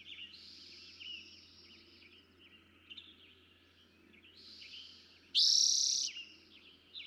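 Eastern towhee with a single loud trill near the end, among scattered softer notes.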